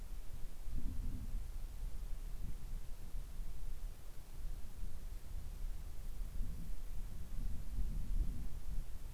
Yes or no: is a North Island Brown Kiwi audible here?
no